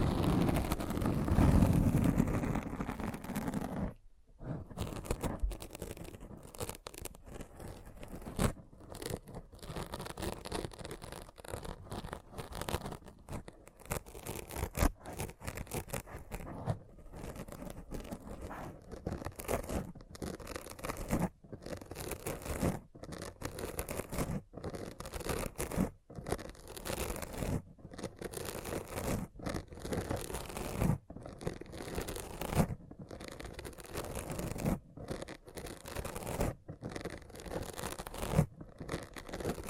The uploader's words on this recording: ASMR Thorough Brain Scratch to Make You Sleepy (No Talking).